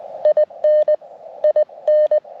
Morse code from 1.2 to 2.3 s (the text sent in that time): IN